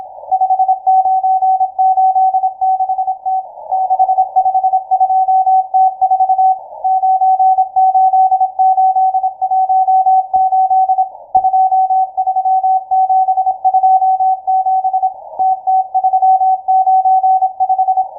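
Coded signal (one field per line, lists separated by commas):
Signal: Morse code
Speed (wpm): 26 wpm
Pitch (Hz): 760 Hz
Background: none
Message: 5986T 652T4 98818 23727 TT395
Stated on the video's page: Morse station M12 on 12187.00 kHz, received via the University of Twente WebSDR.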